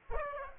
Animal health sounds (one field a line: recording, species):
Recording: mosquito wingbeat signal from an infrared sensor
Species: Aedes aegypti